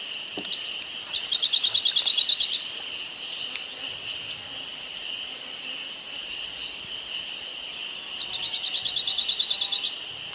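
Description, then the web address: Tropical gnatcatcher song: two quick high trills of about a dozen even notes, roughly six seconds apart, over a steady insect drone. South America, eastern lowlands. "Natures Songs S America Eastern Lowlands. Tropical Gnatcatcher"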